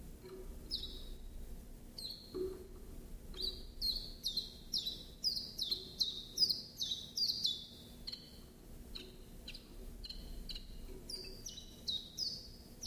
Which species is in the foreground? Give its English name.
Common Chiffchaff